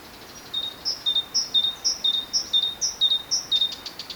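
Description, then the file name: Great tit song, a continuous run of bright two-note phrases, high note then lower, repeated about twice a second. "Parus major"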